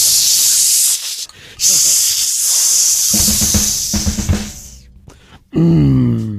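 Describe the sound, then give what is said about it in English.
A beer bottle is pried open with an opener, releasing a loud, steady fizzing hiss, followed by a stretch of metallic clinking and scraping. A voice briefly sounds at the end. “Hello, tin opener. If I can get you on it. Opening time.”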